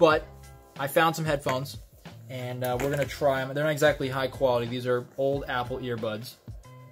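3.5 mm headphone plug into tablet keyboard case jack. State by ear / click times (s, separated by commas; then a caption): not seated / none. Old Apple earbuds are handled as their 3.5 mm headphone plug is readied for the headphone jack of a Chesona H2 Pro iPad Pro keyboard case, while someone talks throughout. Nothing has seated or clicked yet.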